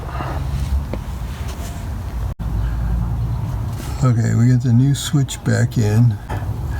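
A wiring connector is handled near the new plastic rear hatch release switch of a 2012–2016 Honda CR-V, with a steady low background hum and a brief faint tick around 0.9 s. Someone talks near the end. The connector has not clicked or seated onto the switch yet.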